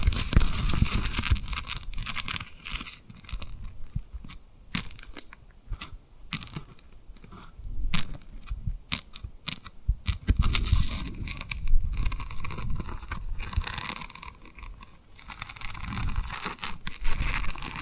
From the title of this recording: Tapping & Rubbing Rhinestone Lip Triggers